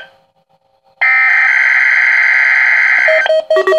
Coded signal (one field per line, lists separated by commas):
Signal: Emergency Alert System (SAME) tones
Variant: header bursts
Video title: Required Weekly Test (EAS#24)